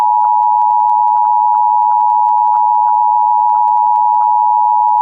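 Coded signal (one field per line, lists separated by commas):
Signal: Emergency Alert System (SAME) tones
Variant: 853 and 960 Hz attention tone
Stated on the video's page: Iowa Required Monthly Test EAS tones, relayed via WJON/IP relay and WHO-AM, recorded at night.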